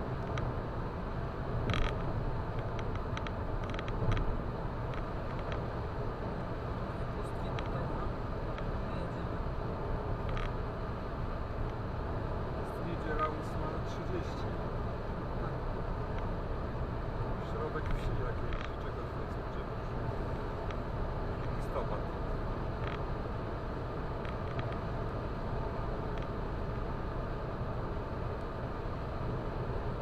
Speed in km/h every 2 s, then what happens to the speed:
115, 115, 116, 116, 116, 115, 115, 114, 115, 114, 114, 114, 114, 114, 114.
0-30 steady at about 115.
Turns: none.